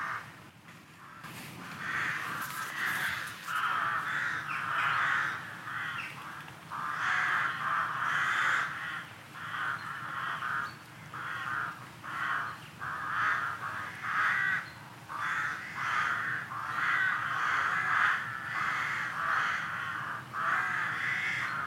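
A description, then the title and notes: Crows caw repeatedly from trees, harsh mid-pitched calls coming in quick, uneven bursts for the whole recording, several birds overlapping. There is a brief scuffle or knock near the start and a faint outdoor hush underneath. Crows - Eelde NL. Sounds of Crows in trees in Eelde NL.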